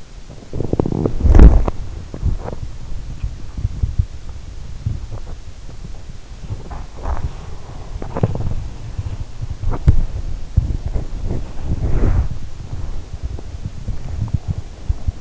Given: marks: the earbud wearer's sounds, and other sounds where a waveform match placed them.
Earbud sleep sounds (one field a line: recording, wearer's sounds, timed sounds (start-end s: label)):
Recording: sounds in sleep by an in-ear microphone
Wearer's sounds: body movement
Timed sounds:
0.39-4.29 s: body movement
6.24-15.21 s: body movement